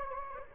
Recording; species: mosquito wingbeat signal from an infrared sensor; Anopheles gambiae